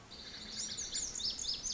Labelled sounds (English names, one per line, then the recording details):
Lazuli Bunting
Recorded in Sonoma County, California